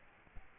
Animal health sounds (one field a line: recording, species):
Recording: mosquito wingbeat signal from an infrared sensor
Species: Aedes albopictus